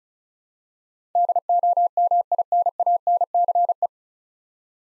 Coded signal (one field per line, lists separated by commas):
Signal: Morse code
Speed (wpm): 36 wpm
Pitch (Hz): 700 Hz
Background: none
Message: DOMINANCE